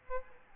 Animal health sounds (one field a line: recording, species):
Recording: mosquito wingbeat signal from an infrared sensor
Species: Aedes albopictus